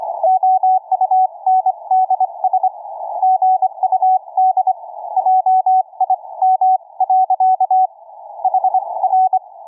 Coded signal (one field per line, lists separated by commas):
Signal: Morse code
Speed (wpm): 24 wpm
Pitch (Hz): 750 Hz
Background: none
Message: OUNDS GUD JIM. HR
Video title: Live audio demo of the amazing W3NQN passive narrowband CW AUDIO BANDPASS FILTER